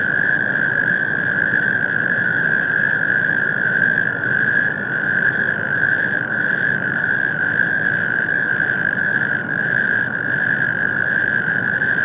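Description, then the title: Chorus of natterjack toads, continuous rolling trills blending into an unbroken purring drone throughout, with low-frequency background noise beneath. Calling on an industrial wasteland at Stockstadt am Main, heard from the Main riverbank at Mainaschaff, Germany, on a warm spring night shortly before 22:00; mid-side stereo recording, MixPre 6ii recorder. "Mainufer, Mainaschaff, Deutschland. Kreuzkröten - Kreuzkröten auf der Industriebrache Stockstadt Kai 6"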